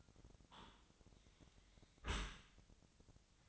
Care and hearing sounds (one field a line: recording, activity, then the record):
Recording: daily activity, microphone in the room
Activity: close dishwasher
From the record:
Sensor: 3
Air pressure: 1003.1 hPa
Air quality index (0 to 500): 199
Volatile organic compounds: 6 ppm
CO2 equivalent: 1939 ppm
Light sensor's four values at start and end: 33/82/35/38 and 33/82/35/38